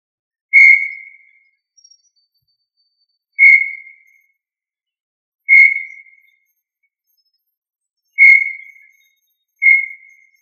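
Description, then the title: Tinamou calling with pure, steady whistled notes, each fading quickly, given roughly every one and a half to three seconds in a quiet background. "Familia Tinamidae - Quail - Puyuh"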